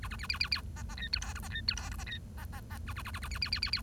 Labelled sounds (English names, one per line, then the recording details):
Bengalese Finch song
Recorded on 1 October 2012 at 10:44
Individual or60yw70